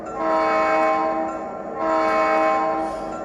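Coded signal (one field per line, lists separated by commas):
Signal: train horn signal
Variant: model diesel horn sound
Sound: two long blasts of a multi-chime diesel train horn, nearly back to back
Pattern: 2 long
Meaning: Two long blasts: the train is about to move forward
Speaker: so now we're going to change our direction we're going to blow our whistle signal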